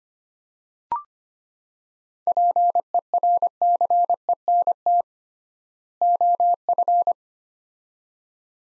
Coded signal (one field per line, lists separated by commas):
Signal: Morse code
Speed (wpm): 25 wpm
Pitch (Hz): 700 Hz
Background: none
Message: PERCENT OF